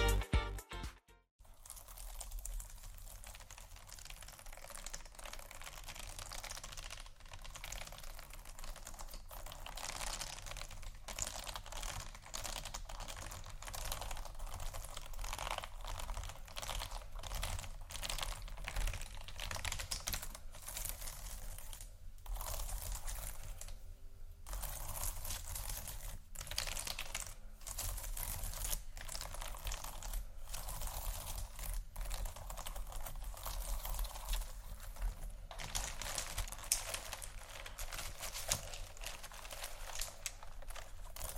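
Beads and pearls clatter and rattle against each other in a dense, nonstop stream of small bright clicks, like a handful being stirred or poured. After a brief silent start it stays busy throughout, with short lulls near the middle.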